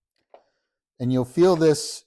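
A replacement drive wheel module (the tread assembly) is pressed back into the plastic chassis of an iRobot Roomba s9+ robot vacuum, giving a short, faint click at 0.3 s as it seats in place. After a second of silence, someone talks.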